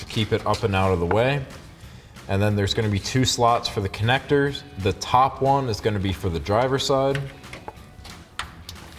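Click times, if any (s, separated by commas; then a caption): 8.4 s. Someone talks over background music while the driver's side harness connector, a plastic electrical plug for a Raxiom Axial Series LED tail light with smoked lens on a 2007-2013 Silverado 1500, is routed over the frame rail and pushed into the top slot of the truck's rear wiring junction. A few small knocks come at 7.5 to 8.1 seconds, then a sharp click at 8.4 seconds as the connector latches and seats in the slot.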